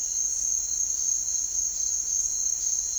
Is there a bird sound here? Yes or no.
no